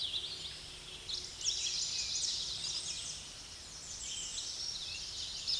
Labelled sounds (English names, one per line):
American Redstart song